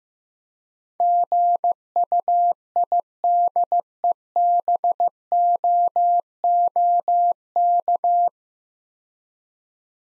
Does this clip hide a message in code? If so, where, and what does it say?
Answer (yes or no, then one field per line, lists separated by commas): yes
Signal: Morse code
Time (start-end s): 1.0-8.3 s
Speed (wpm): 15 wpm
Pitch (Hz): 700 Hz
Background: none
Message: GUIDEBOOK